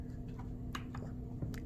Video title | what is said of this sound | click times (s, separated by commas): Bluetti AC60 + B80 Power Station Review | all right um well that was a pretty weak click but it's in it's in | 0.8 s